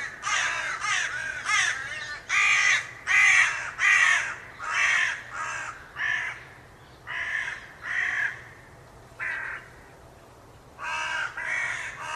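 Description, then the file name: Carrion crow uttering a long series of loud, harsh caws in quick succession, then spaced calls with a pause before a final burst. "Corvus corone"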